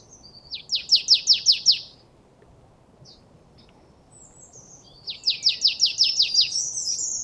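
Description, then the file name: Marsh tit calls: two runs of fast, sharp repeated notes, separated by a few seconds of quiet. "Poecile palustris"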